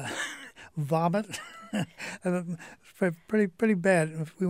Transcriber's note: he laughs